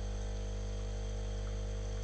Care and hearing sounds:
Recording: daily activity, microphone in the room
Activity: make coffee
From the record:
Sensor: 4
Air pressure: 1008.2 hPa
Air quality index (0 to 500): 106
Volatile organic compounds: 1 ppm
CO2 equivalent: 787 ppm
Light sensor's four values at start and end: 10/22/9/9 and 10/22/9/9

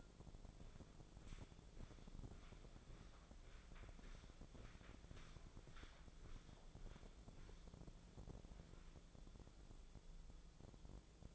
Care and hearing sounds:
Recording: daily activity, microphone in the room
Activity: walk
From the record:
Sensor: 5

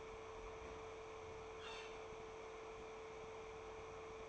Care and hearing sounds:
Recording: daily activity, microphone in the room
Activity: open fridge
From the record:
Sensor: 1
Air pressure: 1015.0 hPa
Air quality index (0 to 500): 194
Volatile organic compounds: 22 ppm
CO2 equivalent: 2744 ppm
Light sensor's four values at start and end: 31/77/33/40 and 31/77/33/39

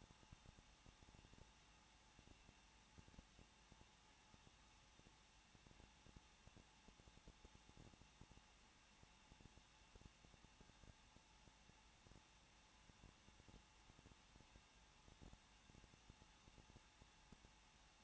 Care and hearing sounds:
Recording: daily activity, microphone in the room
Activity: no activity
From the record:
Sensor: 1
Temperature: 20.1 degrees Celsius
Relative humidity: 39.1%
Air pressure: 1006.4 hPa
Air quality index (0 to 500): 217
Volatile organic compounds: 75 ppm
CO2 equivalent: 3563 ppm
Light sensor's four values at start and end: 1/2/1/1 and 1/2/1/1

